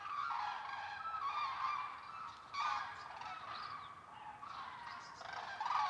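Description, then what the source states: Common cranes in a calling flock, overlapping bugled notes almost without pause, some calls rising and falling, the chorus swelling and fading. Flock of common cranes (Grus grus) at a migration stopover, Lac du Der reservoir, eastern France, November; over 200,000 counted; Nagra Seven, MKH8020 stereo.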